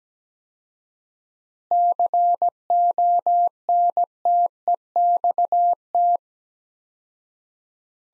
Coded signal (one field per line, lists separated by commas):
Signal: Morse code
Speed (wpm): 17 wpm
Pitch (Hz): 700 Hz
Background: none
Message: CONTEXT